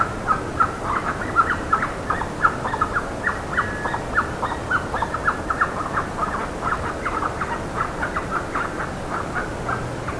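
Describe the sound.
Bird chattering, bursts of sharp calls repeated quickly, some louder peaks, above continuous hiss.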